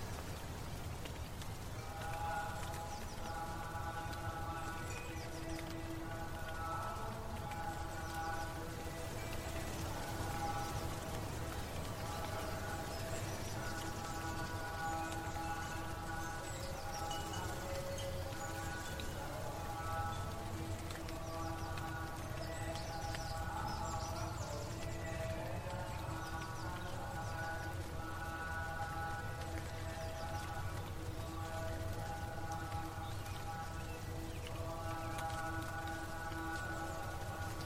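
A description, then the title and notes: Ambience at a Buddhist mountain temple: a sustained, even tone of voices or ringing bowls holds throughout, with several layered pitches that thin briefly around twenty and twenty-seven seconds. A steady patter like light rain and a low rumble sit underneath. Buddhist mountain temple ambience. Water droplets/sprey on leaf.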